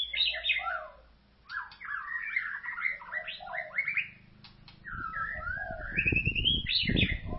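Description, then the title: White-rumped shama song: rich, varied whistled phrases in quick succession, with a brief pause near one second and low rumbling noise during the final seconds. "Kicau Murai Batu"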